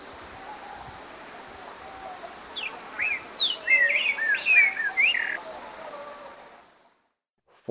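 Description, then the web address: Streaked saltator song: a rapid jumble of sweet whistled slurs, rising and falling, over a steady background hiss before falling silent. Ecuador. "S America Birds of Ecuador. Streaked Saltator"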